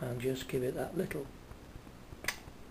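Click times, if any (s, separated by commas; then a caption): 2.3 s. Someone talks while a jeweler's screwdriver nudges a crimped metal pin further into a plastic servo connector housing. A small, sharp click at 2.3 s marks the pin seating and locking in place.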